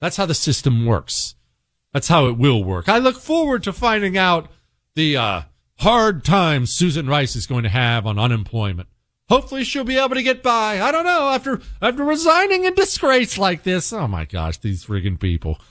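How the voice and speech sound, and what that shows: An adult man talks in a clear, fluent, lively monologue with ordinary voice quality and brief pauses.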